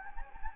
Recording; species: mosquito wingbeat signal from an infrared sensor; Anopheles gambiae